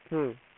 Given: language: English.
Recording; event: throat vibration sensor signal played as sound; speech